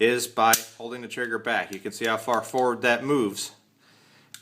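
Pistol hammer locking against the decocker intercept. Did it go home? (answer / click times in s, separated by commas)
yes / 4.3 s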